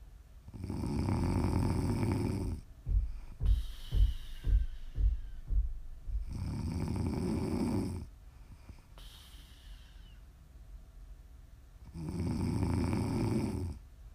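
Three loud, rough, low-pitched snores come on the in-breaths, spaced about five to six seconds apart, roughly ten breaths a minute. Between the first two, a quick run of soft fluttering puffs is heard on the out-breath. This is steady ASMR snoring from an adult sleeper, meant for listeners to sleep or relax to.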